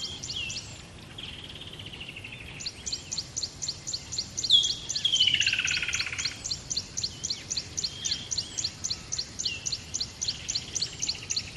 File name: smartsound ATMO BUSH River Dawn Bird Close